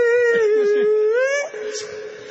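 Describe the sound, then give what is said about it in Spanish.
A voice imitates city bus brakes squealing, likened to a parrot: one long, steady, high-pitched whine that rises slightly near the end, then drops to a quieter held tone. “Mira la que se despierte cuando frenan. Cuando frena hace como un loro.”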